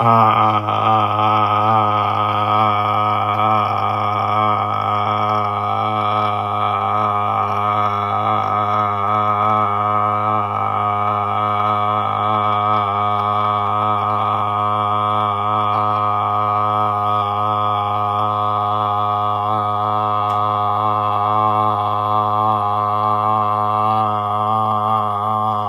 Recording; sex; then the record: sustained vowel /a/; male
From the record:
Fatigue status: no fatigue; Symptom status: asymptomatic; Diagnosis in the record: COVID-19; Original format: m4a